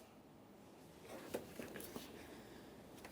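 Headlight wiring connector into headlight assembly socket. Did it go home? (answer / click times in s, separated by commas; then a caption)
no / none. A wiring connector is handled against the socket of a new headlight assembly on a 1994–1997 Honda Accord, about to be pressed on. Quiet background hiss is broken by a few soft plastic handling taps around 1.3, 1.6, 2.0 and 3.1 seconds. Nothing has seated or clicked yet.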